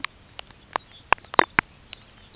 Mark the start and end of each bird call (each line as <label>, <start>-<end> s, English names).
Lapland Longspur, 0.65-2.36 s